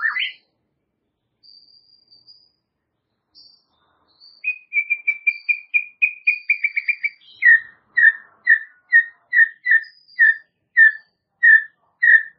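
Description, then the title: White-rumped shama song: a rising whistle, faint high whistles, then a rapid series of repeated notes followed by evenly spaced whistled notes about every half second. "murai batu"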